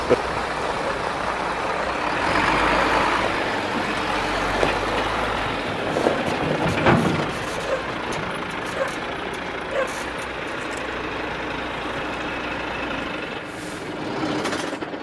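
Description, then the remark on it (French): A heavy tow truck engine, carrying a car for about 3.5 tonnes in total, drones steadily while driving slowly. It makes a dense low rumble with rattling mechanical clatter and a brief louder surge partway through, with no voices. “Non, je roule doucement, moi, toujours.”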